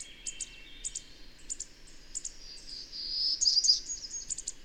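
Bird chirps, short high paired notes spaced irregularly, building into a louder warbling trill toward the end.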